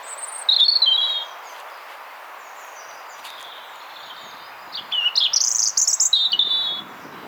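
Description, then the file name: European robin song: a short high warbled phrase, a quiet pause with faint notes, then a rippling burst of high sweet twitters. "Erithacus rubecula"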